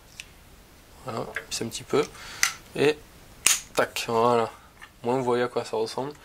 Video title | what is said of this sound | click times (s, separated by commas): Unboxing Kodak Pix Pro SP 360° | donc ça se clipse comme ça tac voilà | 0.2 s